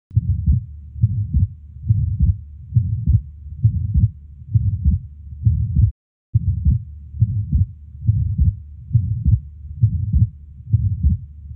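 Adult heart heard by stethoscope at the left base: a regular heartbeat near 69 per minute with a soft murmur between beats, from an atrial septal defect.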